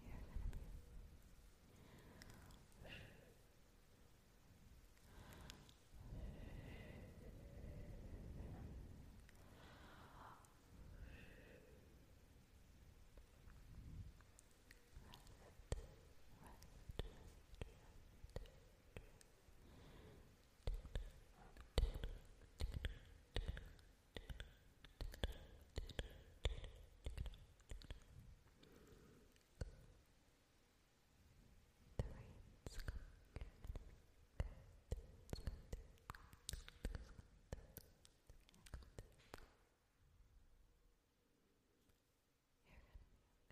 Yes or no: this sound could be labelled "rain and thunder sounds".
no